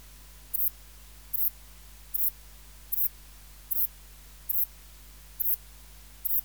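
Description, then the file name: Saddle-backed bush-cricket chirping, brief high rasping pulses at an even rhythm, eight in a row, with a steady low hum underneath. "Ephippiger cruciger"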